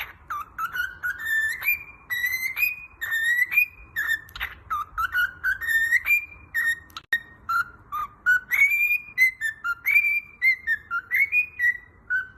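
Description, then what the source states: Long run of cockatiel whistling, rising and falling notes strung together almost without break into a melodic, bouncy phrase. Several cockatiels singing, whistling.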